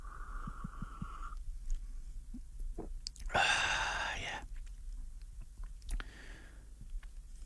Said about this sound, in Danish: Nu vil jeg lige tage en lille slurk her.